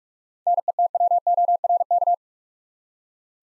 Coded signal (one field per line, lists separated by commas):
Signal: Morse code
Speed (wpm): 46 wpm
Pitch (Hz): 700 Hz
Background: none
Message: NETWORK